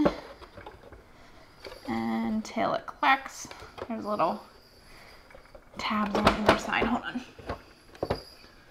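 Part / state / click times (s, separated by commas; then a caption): plastic extender bar into hydroponic unit base / not seated / none. Someone talks while handling the plastic extender bar of a QYO 12 Pod hydroponic grow system, lining it up by its arrows and pushing it toward the base so its side tabs can catch. Soft handling taps and brief plastic knocks come through between the speech. The clip ends before the bar goes home, and nothing has seated or clicked yet.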